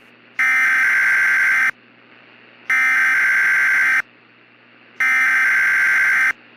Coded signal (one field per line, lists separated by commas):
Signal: Emergency Alert System (SAME) tones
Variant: header bursts